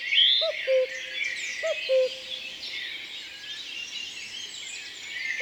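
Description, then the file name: Common cuckoo with two soft, descending cu-coo calls early on, then only the twittering of other birds continues. Recorded in the Drôme, France. "Coucou gris Concerts Naturels de la Drome Studio les Trois Becs"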